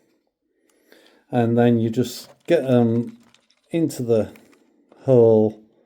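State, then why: Not seated. Someone talks while lining up the coupling pins of a model TGV train unit to go into the hole of the plastic coupling on the next unit, with two faint handling taps near 0.7 s and 0.9 s. The couplings are only being handled; nothing has seated or clicked yet.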